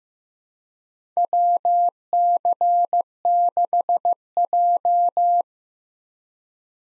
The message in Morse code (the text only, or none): WC6J